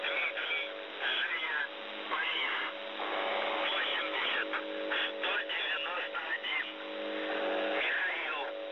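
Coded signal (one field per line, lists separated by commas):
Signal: numbers station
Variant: UVB-76, Russian voice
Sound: a voice reading words over noisy shortwave static, with a steady low hum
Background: radio static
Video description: MDZhB 80191 MEDSESTRA 2155 3788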